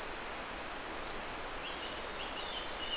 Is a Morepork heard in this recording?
no